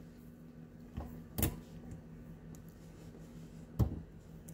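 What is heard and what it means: A small release tool is pushed down onto the plastic quick-connect fitting on the faucet tube of a Multipure Aquaversa water filter's push-fit connector so the tubing can be pulled out. The fitting gives a sharp click at 1.4 s, after a faint tap near 1.0 s, and another sharp click follows at about 3.8 s. The fitting releases the tubing.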